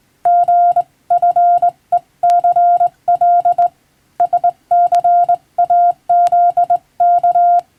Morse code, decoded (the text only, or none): GFECL SCAZK